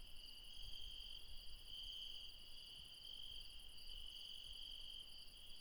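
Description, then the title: Insects trilling in a constant high-pitched chorus with gently pulsing bands, over a faint low rumble. Insects recorded late at night in the mountains at Refuge Krevatia, Barbala, Dion, Greece. "Refuge Krevatia, Μπαρμπαλά, Dion 601 00, Greece - Late night mountain insects"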